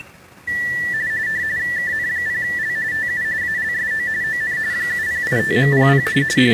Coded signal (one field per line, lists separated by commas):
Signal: RTTY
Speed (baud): 45.45 baud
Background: speech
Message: KN0L TU ALSO ON 7085.00